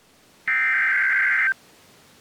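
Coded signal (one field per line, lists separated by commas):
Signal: Emergency Alert System (SAME) tones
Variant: header bursts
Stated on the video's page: Recorded off a NOAA Weather Radio station during a severe weather event.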